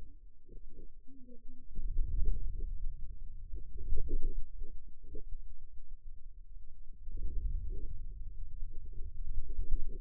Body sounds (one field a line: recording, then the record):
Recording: forearm muscle sounds (acoustic myography)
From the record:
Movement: wrist extension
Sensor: system 2, bracelet of six BSWA MPA416 microphones around the upper forearm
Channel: 2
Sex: male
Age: 22 years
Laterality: right